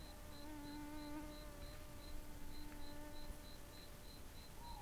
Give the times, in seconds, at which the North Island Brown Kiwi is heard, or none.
none